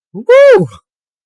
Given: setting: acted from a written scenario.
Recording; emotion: vocal sound without words; elation